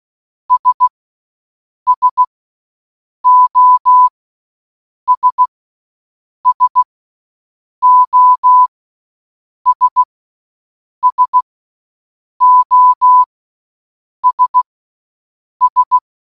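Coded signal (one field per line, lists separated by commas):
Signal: Morse code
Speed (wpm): 16 wpm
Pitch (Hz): 1000 Hz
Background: none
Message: S SOS SOS SOS S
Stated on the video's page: SOS sent in Morse code for one hour.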